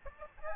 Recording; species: mosquito wingbeat signal from an infrared sensor; Aedes albopictus